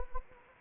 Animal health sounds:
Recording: mosquito wingbeat signal from an infrared sensor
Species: Anopheles gambiae

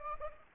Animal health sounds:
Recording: mosquito wingbeat signal from an infrared sensor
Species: Anopheles gambiae

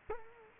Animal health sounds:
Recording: mosquito wingbeat signal from an infrared sensor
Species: Culex quinquefasciatus

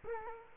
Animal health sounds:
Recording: mosquito wingbeat signal from an infrared sensor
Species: Culex quinquefasciatus

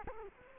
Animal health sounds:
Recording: mosquito wingbeat signal from an infrared sensor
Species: Culex quinquefasciatus

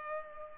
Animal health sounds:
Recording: mosquito wingbeat signal from an infrared sensor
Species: Culex pipiens

